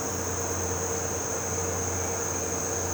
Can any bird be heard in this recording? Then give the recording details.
no. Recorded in pastures near Puerto Asís, Putumayo, Colombia, on 12 March 2025 at 16:00. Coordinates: 0.466, -76.322. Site CSA-02